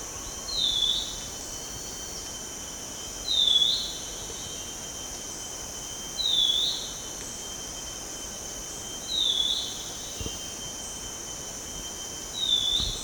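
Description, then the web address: Black-capped babbler giving a clear, high whistled note, repeated about every three seconds. Steady insect drone and constant high hiss run behind it. Recorded on 1 May 2007. "PJGNGLUMUT. black-capped babbler"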